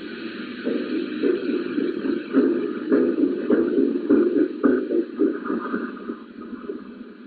The sound of heavy breathing and the rapid heartbeat of a seemingly dying cosmonaut a leading cardiologist in the area, by the name of Professor Dogliotti, reviewed the recording and confirmed that the heartbeats sound like those of a dying person.